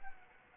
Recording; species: mosquito wingbeat signal from an infrared sensor; Anopheles arabiensis